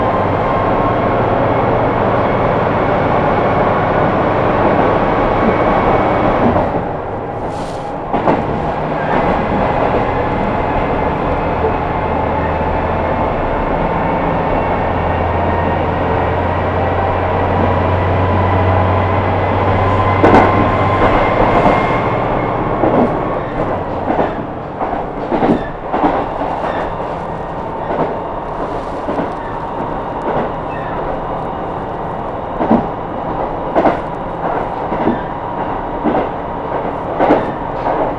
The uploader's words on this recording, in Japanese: 音の旅 久大本線 日田→田主丸。キハ200+220の2両編成。既に学校帰りの学生でだいぶ席が埋まっていますがロングシート主体なので大丈夫でした。